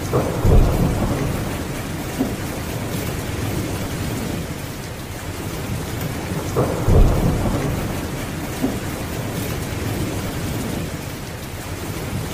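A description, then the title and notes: Steady rain falls in a dense, even hiss that fills the whole clip. Deep rumbling swells rise near the start and again around seven seconds, like thunder rolling under the downpour, with occasional heavier splashes. Soothing Rain Sound.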